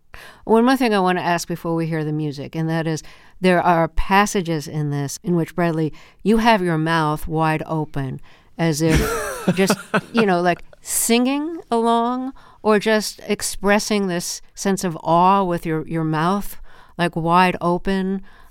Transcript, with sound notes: One more thing I want to ask before we hear the music, and that is there are passages in this in which, Bradley, you have your mouth wide open...
(Laughter).
...As if just, you know, like, singing along or just expressing this sense of awe with your mouth, like, wide open.